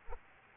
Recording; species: mosquito wingbeat signal from an infrared sensor; Aedes albopictus